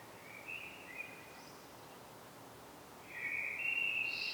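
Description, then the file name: Common blackbird song: a short warbled phrase early on, a long silence, then a louder whistled phrase ending in a higher squeaky note. "Turdus merula"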